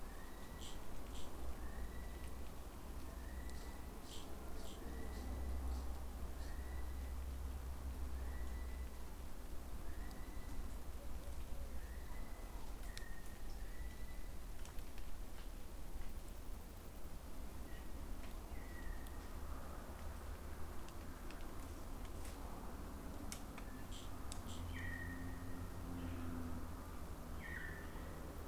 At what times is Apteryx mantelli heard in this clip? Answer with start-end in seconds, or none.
0.00-12.59